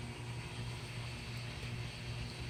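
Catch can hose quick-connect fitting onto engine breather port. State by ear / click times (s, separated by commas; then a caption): not seated / none. A Radium catch can hose quick-connect fitting for the engine breather port on a BMW N54 135i gets a little oil on its O-ring and is handled and lined up before being pushed on. The sound is a steady low hum with faint handling noise throughout and no sharp transients. Nothing has seated or clicked yet.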